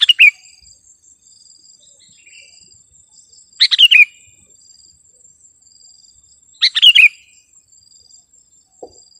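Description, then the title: Sooty-headed bulbul giving short gurgling, descending phrases roughly every three seconds, with a thin continuous high whine in the background. "kutilang"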